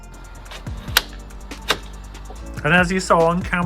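On a Mercedes-Benz, the interior bonnet release handle is pulled and the two manually closed bonnet latches under the bonnet spring back open with sharp clicks at 1.0 s and 1.7 s. Someone then talks. Both latches are released.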